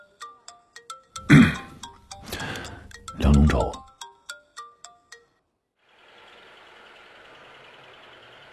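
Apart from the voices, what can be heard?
mobile phone ringing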